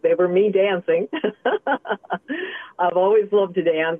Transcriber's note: laughs